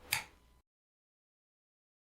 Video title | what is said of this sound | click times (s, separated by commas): Fender System 1 Tremelo Repair | in and hits the check ball and just kind of snaps into place stays | 0.1 s